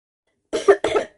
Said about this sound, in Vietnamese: Lý Phúc Toàn không nhịn được, ho khan hai tiếng, thấy Cơ Việc lạnh lùng liếc sang, trong nháy mắt khôi phục vẻ mặt nghiêm túc, làm như không nghe thấy gì hết.